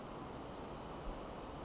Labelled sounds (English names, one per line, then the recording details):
Western Flycatcher
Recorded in Sonoma County, California